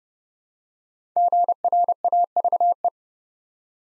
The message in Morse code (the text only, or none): GRAVE